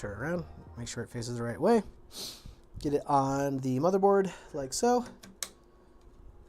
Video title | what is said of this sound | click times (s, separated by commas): 🟣 Building a POWERFUL Tiny PC (Velka 3) -- Smaller than an Xbox or PS5! | nice satisfying click and then what we're going to do it says is basically bring it | 5.4 s